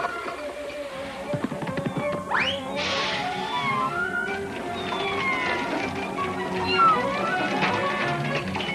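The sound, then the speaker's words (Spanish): A kitten in danger of drowning meows in distress, a run of high, wavering, plaintive cries that rise and fall in pitch, repeating over a busy, steady background. “¡Sálvalo, Pluto! ¡Salva al pobre gatito!”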